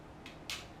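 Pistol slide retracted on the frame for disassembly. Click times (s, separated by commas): 0.5 s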